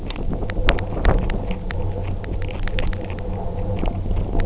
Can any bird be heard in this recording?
no